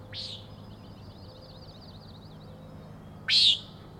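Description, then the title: Common nighthawk giving a faint buzzy peent, then a high rattling trill, then one loud nasal peent near the end. Three birds giving peenting calls, flying in close follow-the-leader formation, remarkably close to the recordist; Overlook, Schoodic Head, Acadia National Park, Winter Harbor, Maine; 16 June 2017, 4am. "Common Nighthawks, Schoodic Head 061617 4am"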